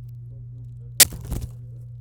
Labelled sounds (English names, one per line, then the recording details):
Domestic Canary song
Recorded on 26 April 2018 at 13:31
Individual llb3